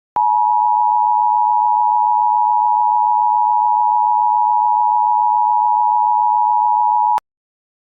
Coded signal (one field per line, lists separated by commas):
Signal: Emergency Alert System (SAME) tones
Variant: 853 and 960 Hz attention tone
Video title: EAS Scenario - Ohio Unknown and Inexperienced Incident Situation (SNEAK PEEK PREVIEW)